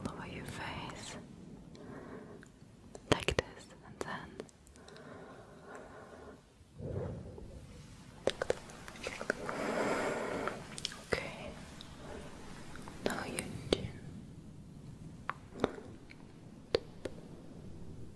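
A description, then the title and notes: Brushing sounds sweep across the face in soft swells, broken by sharp little clicks and taps that land irregularly, with clusters near 3, 8 and 14 seconds. A low rumble sits underneath. FACE brushing KISSING tapping.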